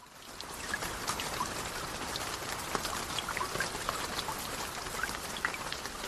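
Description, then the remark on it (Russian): Steady rain falls continuously, a dense hiss of countless drops with scattered sharper patters standing out, holding an even, moderate loudness throughout with no voices. “День выдался дождливым, и на лицах двух девочек-близняшек не были видны слезы.”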